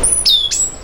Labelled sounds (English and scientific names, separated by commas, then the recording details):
Stitchbird (Notiomystis cincta) song
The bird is a male
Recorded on Tiritiri Matangi Island, New Zealand, in 2005
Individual 12, of nest box 16